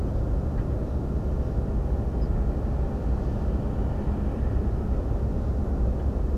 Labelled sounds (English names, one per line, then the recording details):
Ortolan Bunting
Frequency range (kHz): Ortolan Bunting 4.4-5.2 kHz
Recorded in France